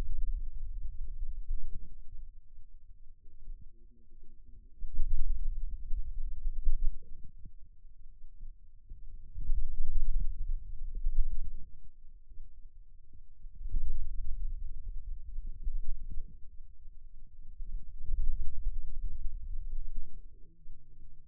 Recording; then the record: forearm muscle sounds (acoustic myography)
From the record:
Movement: pen grasping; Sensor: system 2, bracelet of six BSWA MPA416 microphones around the upper forearm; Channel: 1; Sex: male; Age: 22 years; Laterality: right